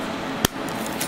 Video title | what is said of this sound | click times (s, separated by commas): Naruto Shippuden Ultimate Ninja Storm 3 Will of Fire True Despair Collectors Edition Unboxing | so it snaps into place. | 0.4 s